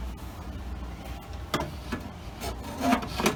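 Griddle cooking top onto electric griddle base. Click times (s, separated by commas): 1.5 s, 3.3 s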